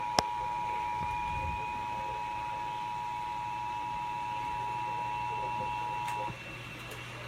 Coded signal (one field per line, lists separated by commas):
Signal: Emergency Alert System (SAME) tones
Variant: 853 and 960 Hz attention tone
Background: speech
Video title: National EAS test 8/7/19